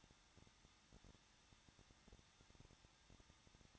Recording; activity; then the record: daily activity, microphone in the room; no activity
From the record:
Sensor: 3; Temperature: 21.2 degrees Celsius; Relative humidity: 36.4%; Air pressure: 1006.4 hPa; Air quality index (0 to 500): 223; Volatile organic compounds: 43 ppm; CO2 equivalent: 3189 ppm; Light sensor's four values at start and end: 2/3/2/2 and 2/3/2/2